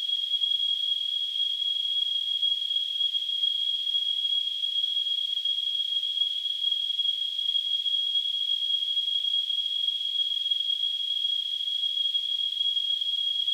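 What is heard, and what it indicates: Simulated tinnitus: a steady, continuous high-pitched tone near 3 kHz with a faint band of hiss around it, unchanging in pitch and loudness throughout, with nothing below about 1.5 kHz.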